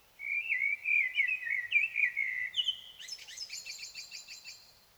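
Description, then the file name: Common blackbird song, a fluted warble lasting over two seconds, then a rapid series of thin, high repeated twitter notes fading away. "Turdus merula"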